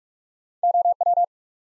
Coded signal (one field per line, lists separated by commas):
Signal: Morse code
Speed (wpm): 44 wpm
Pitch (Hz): 700 Hz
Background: none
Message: OW